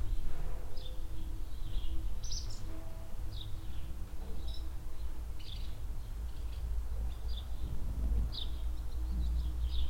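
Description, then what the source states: Swallows calling in sharp, scattered chirps and brief twittering bursts, over low wind rumble and faint background noise. Swallows flying under a shed roof in a barn yard at the village centre, Hoscheid; mellow wind; early afternoon in spring.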